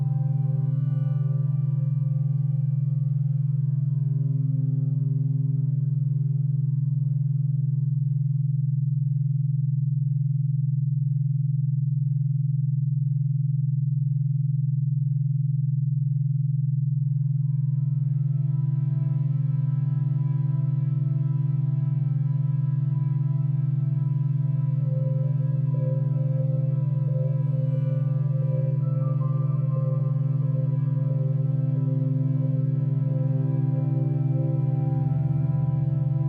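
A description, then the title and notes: Binaural beats: a steady, unbroken low hum holds throughout with a slow pulsing quality. Higher tones fade out during the first half, leaving only the deep drone, then a brighter, buzzier layer of overtones swells back in after about eighteen seconds and thickens toward the end. 90 minutes of Binaural Beats Meditation Frequencies and Tones adjusted to the psilocybin microdoser.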